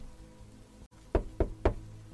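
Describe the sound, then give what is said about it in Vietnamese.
Three firm knocks on the outside of a house door at midday in the rain, made by a soaked woman while the people inside eat a meal; a steady, evenly spaced rhythm, each a sharp low thud, heard alone over a quiet background hum. “Và rồi đang ngồi ăn cơm thì mọi người nghe tiếng gõ cửa ở bên ngoài.”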